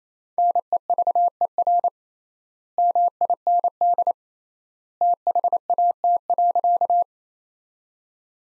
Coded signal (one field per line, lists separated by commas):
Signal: Morse code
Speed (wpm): 28 wpm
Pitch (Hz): 700 Hz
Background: none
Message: NEVER MIND THAT.